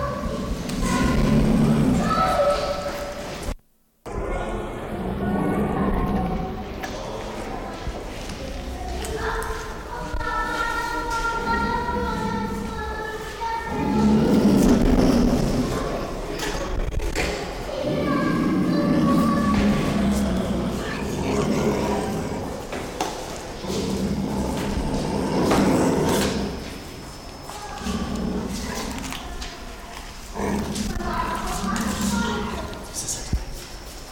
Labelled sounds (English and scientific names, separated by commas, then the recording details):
Puma (Puma concolor)
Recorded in captivity
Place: Zoo Halle, Sachsen-Anhalt, DE
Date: 1995-04-09 15:21
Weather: wolkig, ca. 10°C
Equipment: Marantz CP 430, Sennheiser ME 80, Kopie Uher 4000 Report Monitor
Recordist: Tembrock, Günter